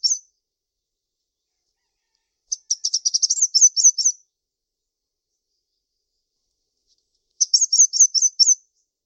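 Bird song: a brief note, then two bursts of high, rapid chirps with a silent stretch between.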